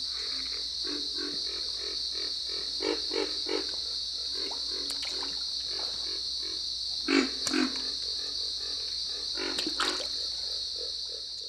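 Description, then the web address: Pig frog grunting: runs of rapid, low, rough notes with a few louder grunts, set against a constant high-pitched insect chorus. Eastern North America. "Dan Gibson Wildlife Identification By Sound, Eastern North America Pt 2. Pig Frog"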